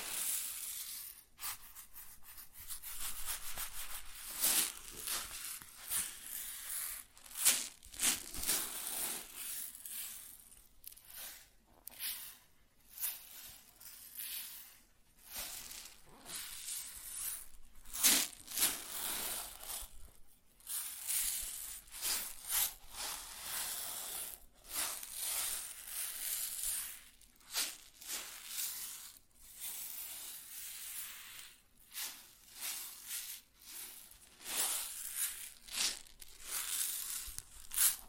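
Grains rustle and crackle in irregular bright bursts, with short quiet gaps and a few louder pours around 8, 18 and 20 seconds.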